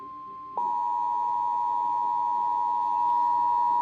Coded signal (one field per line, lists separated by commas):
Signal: Emergency Alert System (SAME) tones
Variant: 853 and 960 Hz attention tone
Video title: [EAS] Flash Flood Watch for Itasca County MN Relayed From on NOAA Weather Radio Station KZZ29